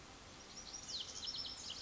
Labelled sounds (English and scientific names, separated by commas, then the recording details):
Lazuli Bunting (Passerina amoena)
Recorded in Sonoma County, California